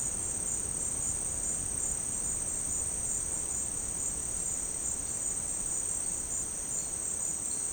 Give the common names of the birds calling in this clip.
none